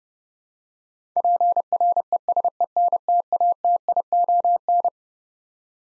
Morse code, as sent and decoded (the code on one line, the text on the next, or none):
.--. .-. . ... . -. - .- - .. --- -.
PRESENTATION